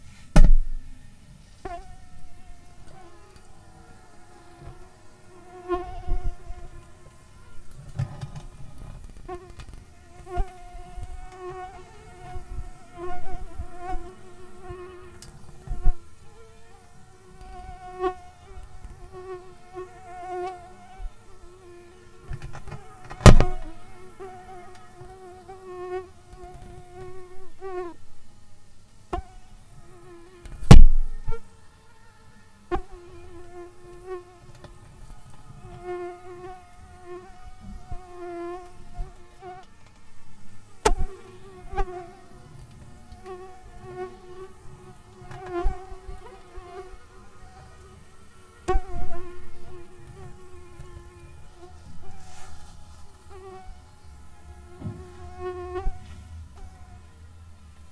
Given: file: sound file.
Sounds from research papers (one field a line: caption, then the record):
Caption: Acoustic recording from wild female Anopheles spp. mosquito near an outdoor pig pen in Ranomafana, Madagascar. Recording was done by a volunteer using a locally available non-smart phone.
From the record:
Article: Using mobile phones as acoustic sensors for high-throughput mosquito surveillance